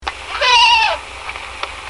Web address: goat call